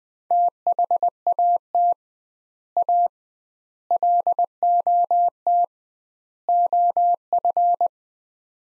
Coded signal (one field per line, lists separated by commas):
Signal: Morse code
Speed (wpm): 20 wpm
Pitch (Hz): 700 Hz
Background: none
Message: THAT A LOT OF